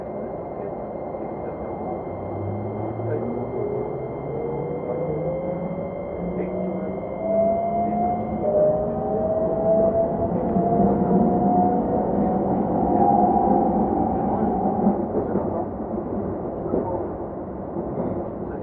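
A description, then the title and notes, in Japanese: A Keikyu 2100 series train accelerates, its motor whine climbing in stepped, musical tones from low to higher pitch over about twelve seconds. A thin steady whistle sounds until around eight seconds, above a constant low running rumble that swells, then eases. 京急2100形 横浜〜三崎口。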